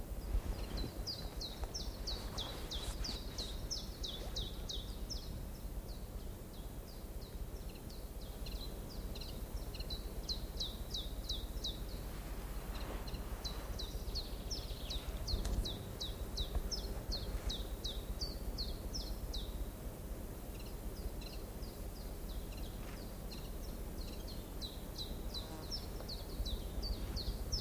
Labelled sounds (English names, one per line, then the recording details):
Common Chiffchaff song
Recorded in the wild
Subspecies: abietinus
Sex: male
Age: adult
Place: Erikslund, Medelpad, Västernorrlands län, SE
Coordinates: 62.5267, 15.9128
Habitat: spruce
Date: 1971-07-12
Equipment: Nagra SN, AKG CK 5, 9 cm/s, Kopie Nagra III PH
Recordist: Schneider, Hans-Joachim